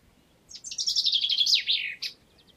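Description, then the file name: Common chaffinch singing one full phrase: accelerating repeated notes dropping in pitch, then a brief sharp terminal flourish, with the background otherwise still. "Fringilla coelebs"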